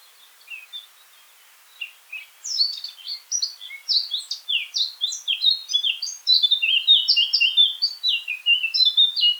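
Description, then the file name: Eurasian blackcap song starting with soft scattered notes, then swelling into a fast, loud, steady stream of sharp warbling and whistled notes. "Sylvia atricapilla"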